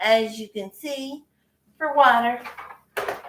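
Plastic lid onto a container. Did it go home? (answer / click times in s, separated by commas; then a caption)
yes / 3.0 s. Someone talks, then a plastic lid is pressed back onto a container with loud, short hits. The lid snaps on and seats at 3.0 s.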